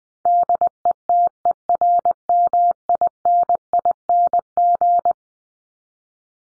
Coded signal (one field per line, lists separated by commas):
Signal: Morse code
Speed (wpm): 20 wpm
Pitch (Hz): 700 Hz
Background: none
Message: DETERMINING